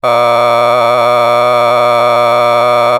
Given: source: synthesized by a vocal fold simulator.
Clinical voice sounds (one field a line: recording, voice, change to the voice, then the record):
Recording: sustained vowel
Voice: male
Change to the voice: a random mix of aspiration noise, stiffness perturbation and strain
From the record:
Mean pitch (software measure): 120 Hz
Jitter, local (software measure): 1.57%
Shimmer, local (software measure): 3.7%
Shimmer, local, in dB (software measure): 0.32 dB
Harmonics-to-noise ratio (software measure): 12.5 dB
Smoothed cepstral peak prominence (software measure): 17.9 dB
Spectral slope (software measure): -13.1 dB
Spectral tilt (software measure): -10.1 dB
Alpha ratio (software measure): -3.6 dB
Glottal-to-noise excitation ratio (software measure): 0.988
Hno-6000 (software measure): 1.9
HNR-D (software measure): 25.6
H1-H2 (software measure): 1.4 dB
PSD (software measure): 1.7e-04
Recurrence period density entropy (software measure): 0.121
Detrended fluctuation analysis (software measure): 0.0295